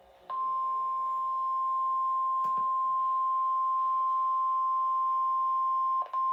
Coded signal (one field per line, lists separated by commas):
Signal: Emergency Alert System (SAME) tones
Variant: 1050 Hz attention tone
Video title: 6/15/26 Flash Flood Warning for Harris and Montgomery Counties (EAS #70)